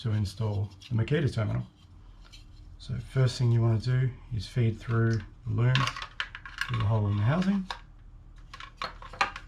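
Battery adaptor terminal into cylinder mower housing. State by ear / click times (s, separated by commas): not seated / none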